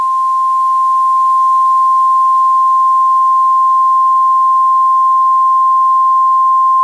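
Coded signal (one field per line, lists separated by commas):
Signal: Emergency Alert System (SAME) tones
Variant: 1050 Hz attention tone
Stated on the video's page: Fictional weather disaster scenario with valid EAS tones.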